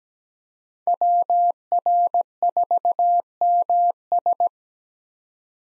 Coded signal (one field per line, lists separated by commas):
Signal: Morse code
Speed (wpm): 17 wpm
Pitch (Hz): 700 Hz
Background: none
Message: WR4MS